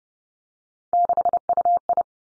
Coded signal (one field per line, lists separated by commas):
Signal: Morse code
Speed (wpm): 30 wpm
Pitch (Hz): 700 Hz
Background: none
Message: 6UI